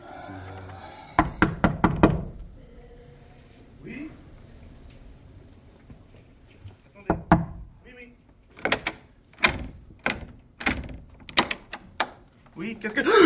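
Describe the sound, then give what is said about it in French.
Sharp knocks on a door come in bursts: a quick cluster, a pause, a couple more, then a steady run of loud, evenly spaced raps with faint voices in between. “Mais frappe à la porte.”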